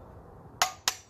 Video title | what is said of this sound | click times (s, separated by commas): How to Change Spark Plugs on the EcoBoost Ford Mustang 2015-2017 | the click that means I hit the 18 pound torque and that's basically it | 0.6 s, 0.9 s